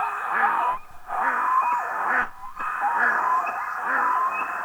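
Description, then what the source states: Red-throated Loon calls: continuous hoarse, rapid, repeated croaking notes, with short breaks near one and two seconds. Field recording.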